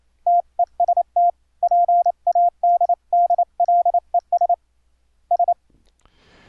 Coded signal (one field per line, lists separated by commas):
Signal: Morse code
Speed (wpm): 29 wpm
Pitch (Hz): 700 Hz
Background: none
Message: TEST PADDLES S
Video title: Morse Code QSO over the internet - software setup - config 19 - Virtualbox